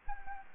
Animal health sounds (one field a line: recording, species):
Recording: mosquito wingbeat signal from an infrared sensor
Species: Anopheles gambiae